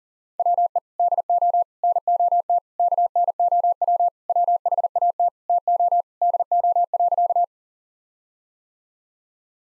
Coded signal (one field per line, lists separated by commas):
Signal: Morse code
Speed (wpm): 37 wpm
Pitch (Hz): 700 Hz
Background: none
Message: WE DO NOT KNOW WHAT TO DO.